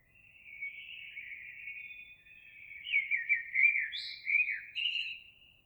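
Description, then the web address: Eurasian blackbird song: long mellow whistled phrase flowing into a tumbling warble with brief higher squeaky notes, continuous for several seconds. Recorded 26 April 2022. "oiseaux Merle 2022 04 26"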